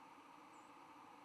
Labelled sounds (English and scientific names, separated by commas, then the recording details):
White-throated Sparrow (Zonotrichia albicollis) flight call
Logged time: 09:16 on 10 November 2014